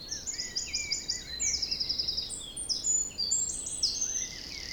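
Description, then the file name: Bird song in a dense chorus: a fast, even trill, then bright whistled and chattering phrases from several birds, with light wind behind. Forest in spring, windy (3 Beaufort), recorded at 1 pm. "Forest Spring Birds Windy 3 bft 1 pm"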